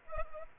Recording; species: mosquito wingbeat signal from an infrared sensor; Culex pipiens